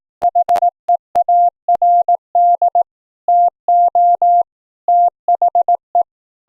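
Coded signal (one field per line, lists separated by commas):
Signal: Morse code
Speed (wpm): 17 wpm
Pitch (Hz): 700 Hz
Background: none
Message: HEARD TO THE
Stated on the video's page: Live CW audio tones sent from a software keyboard over FRS radios, heard from a second FRS receiver through a software bandpass filter.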